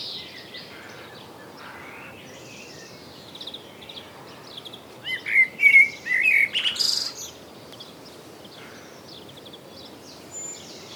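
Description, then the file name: Common blackbird calling: a short burst of clear, slightly slurred notes midway, with thin high twittering around it and soft background hiss. "Turdus merula"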